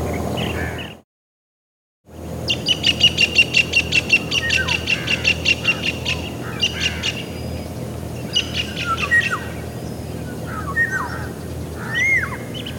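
Black-capped Kingfisher call: a fast run of sharp, high, evenly repeated notes lasting a few seconds, with other chirps and whistles around it.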